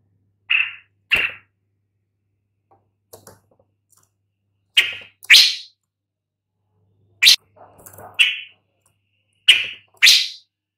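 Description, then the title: Long-tailed shrike calling with paired harsh, grating notes, each pair spaced a couple of seconds apart, with faint softer clicks between. "Lanius Schach Sun"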